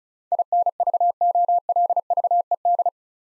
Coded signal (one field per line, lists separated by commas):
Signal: Morse code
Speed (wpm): 34 wpm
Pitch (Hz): 700 Hz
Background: none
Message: INVOLVED